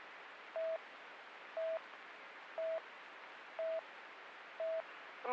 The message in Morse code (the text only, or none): none